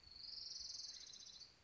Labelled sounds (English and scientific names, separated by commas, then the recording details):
Orange-crowned Warbler (Leiothlypis celata)
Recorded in Sonoma County, California